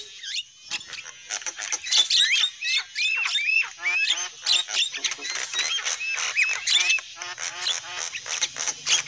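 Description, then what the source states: Lovebird calls: rapid squeaky chatter with repeated rising whistled squeaks and harsh notes, dense overlapping calling throughout. Used as a lure call for trapping lovebirds.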